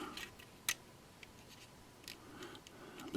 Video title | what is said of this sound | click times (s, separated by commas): Athearn F7B Dcc install using Scale Sound Systems speakers and a Decoder Buddy | Actually, I've already got it snapped back in, so I'm going to take and glue | 0.7 s